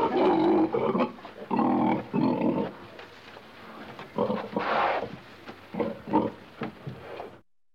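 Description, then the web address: Pig giving quick rough grunts, several close together, then a drawn-out harsh grunt before short snorts and a sudden stop. Pig grunting in a pen. "pig grunting in pen animal"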